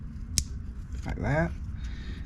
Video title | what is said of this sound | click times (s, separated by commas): VW 2.5 Spark Plug Change | and you should hear them click like | 0.4 s